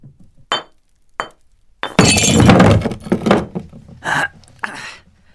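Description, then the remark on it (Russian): A couple of sharp knocks, then a heavy hammer blow crashes into brittle plaster pieces taken down from shelves, followed by several more smashing hits with crumbling, clinking debris scattering after each. “Агент Афанасьев аккуратно достал куски гипса с полок, а потом аккуратно треснул по ним молотком.”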